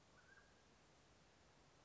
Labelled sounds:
Mountain Quail
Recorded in Sonoma County, California

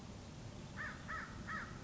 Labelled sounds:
American Crow
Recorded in Sonoma County, California

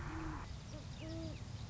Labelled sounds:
Great Horned Owl
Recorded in Sonoma County, California

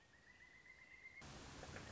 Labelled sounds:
Pileated Woodpecker
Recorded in Sonoma County, California

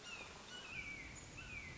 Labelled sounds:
Red-shouldered Hawk
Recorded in Sonoma County, California

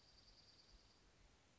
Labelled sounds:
Dark-eyed Junco
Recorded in Sonoma County, California

